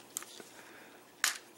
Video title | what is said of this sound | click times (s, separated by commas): TFC Toys Prometheus | till it clicks right | 1.2 s